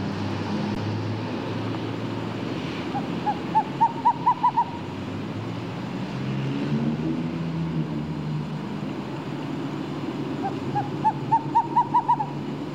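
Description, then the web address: Screech owl giving two runs of quick, slightly rising hoots that accelerate toward the end, over constant low traffic and engine noise. Calling, with traffic in the background. "bird screech owl calls traffic in bg animal"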